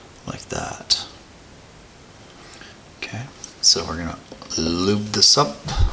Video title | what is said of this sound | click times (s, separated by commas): Toyota MR2 CT20B/CT26 Turbo Rebuild | push the edge in and then it'll kind of snap into place like | 0.3 s